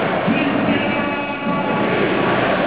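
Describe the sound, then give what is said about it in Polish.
Football fans shouting and chanting in the stadium after a late goal in the Lech Poznań vs Zagłębie Lubin Ekstraklasa match, 25 October 2019: a dense, continuous roar of many voices that holds steady, dips briefly midway, then swells back. “Posłuchajcie Państwo, kibice coraz ciszej, ale jednak krzyczą.”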